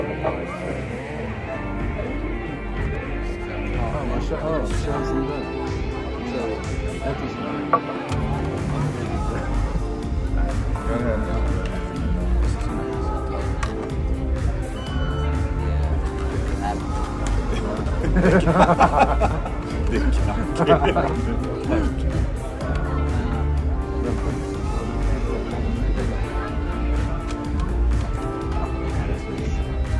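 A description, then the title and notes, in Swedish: Murmuring bar noise: a steady, dense blend of overlapping voices and chatter that never lets up. A low rumble sits underneath, briefly dropping out just before eight seconds, and the talk swells slightly louder between about 18 and 21 seconds. Baren. En timme sorlande barljud.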